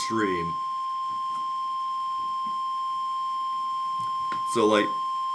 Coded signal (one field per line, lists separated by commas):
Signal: Emergency Alert System (SAME) tones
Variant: 1050 Hz attention tone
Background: speech